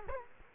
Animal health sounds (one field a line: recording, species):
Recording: mosquito wingbeat signal from an infrared sensor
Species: Culex quinquefasciatus